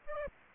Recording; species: mosquito wingbeat signal from an infrared sensor; Aedes aegypti